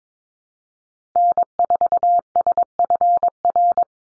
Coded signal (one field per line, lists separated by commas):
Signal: Morse code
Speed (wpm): 22 wpm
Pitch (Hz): 700 Hz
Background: none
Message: N4SFR